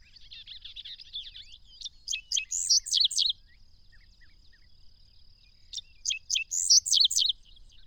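Bird song: a thin high twittering phrase followed by bursts of sharp, bright chirped notes, then after a pause the chirp bursts repeat, over a faint steady high hum.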